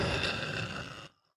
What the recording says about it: Rattling breathing. I'm pretty sure I either have bronchitis or walking pneumonia.